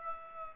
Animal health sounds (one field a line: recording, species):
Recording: mosquito wingbeat signal from an infrared sensor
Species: Aedes aegypti